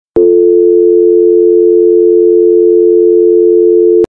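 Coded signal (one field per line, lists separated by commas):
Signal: telephone call progress tone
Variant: North America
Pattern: dial tone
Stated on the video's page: Royalty-free American dial tone sound effect.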